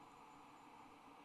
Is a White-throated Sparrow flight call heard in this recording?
no